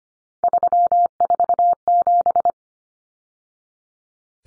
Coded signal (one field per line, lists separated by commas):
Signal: Morse code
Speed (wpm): 25 wpm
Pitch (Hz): 700 Hz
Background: none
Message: 347